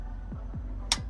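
After being tightened fully with a 10 mm wrench, the brake adjuster nut on a Bendix air disc brake caliper is backed out, and its first detent click sounds sharply at 0.9 s over a steady low hum with faint descending low tones. The adjuster is released by one click on the way to backing it out two clicks for the brake adjustment.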